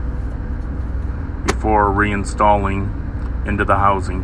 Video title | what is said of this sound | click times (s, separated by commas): DD-15 Fuel Filters changed | make sure you snap the filter into the top you'll hear a little click it'll might take a little bit of pressure to get it to snap on | 1.5 s